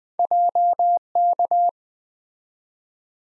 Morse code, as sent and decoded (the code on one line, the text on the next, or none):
.--- -.-
JK